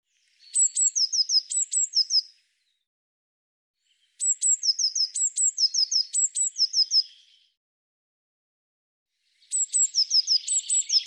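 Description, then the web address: Eurasian blue tit calling in high, bright phrases of thin upper notes mixed with quick falling chips, three phrases with pauses between. "Deverinetal"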